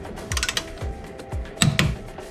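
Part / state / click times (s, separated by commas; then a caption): click-type torque wrench tightening a bumper-area fastener on a car / torque reached / 1.6 s. A click-type torque wrench set to 19 lb is ratcheted to tighten a fastener while the front bumper of a car is removed or refitted. Light ratcheting clicks sound early on, then the wrench gives a sharp click at 1.6 s, confirming the fastener has reached its set torque.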